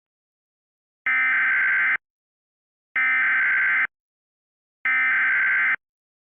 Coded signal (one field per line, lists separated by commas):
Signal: Emergency Alert System (SAME) tones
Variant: header bursts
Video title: EAS Recreation: REAL CIVIL EMERGENCY MESSAGE in Tarrant County, Texas.